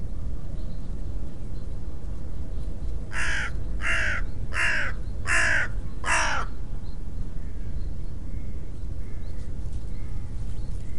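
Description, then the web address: Bird giving five harsh, evenly spaced caws in quick succession over about three seconds, over a steady low rumble. "cianscape. Deverinetal. Bird Only"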